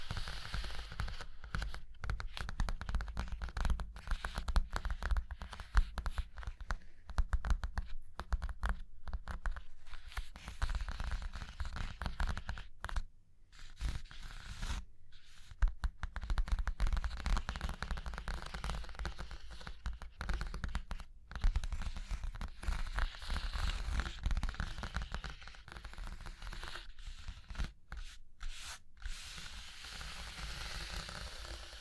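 Fingers tap, scratch and trace over a surface in a dense, continuous stream of small crackling strokes and taps. The scratching stays busy throughout, with brief near-silent breaks around 13 and 15 seconds and again near 28 seconds, over a low steady hum.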